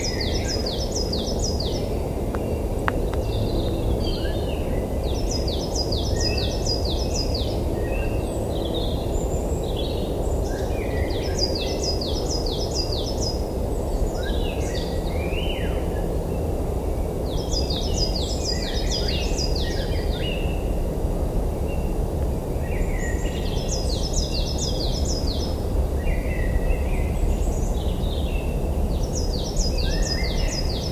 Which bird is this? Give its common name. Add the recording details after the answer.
Coal Tit. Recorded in the wild. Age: adult. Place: Villach, Kärnten, AT. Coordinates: 46.591, 13.824. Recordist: Brunner, Thomas. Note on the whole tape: Aufnahme: Ende Februar, Napoleonswiese, Villach